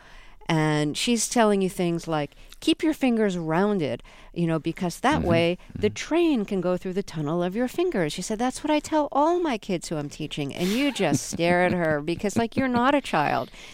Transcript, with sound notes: and she's telling you things like, keep your fingers rounded, you know, because that way the train can go through the tunnel of your fingers. She said, that's what I tell all my kids who I'm teaching...
(Soundbite of laughter)
And you just stare at her because, like, you're not a child.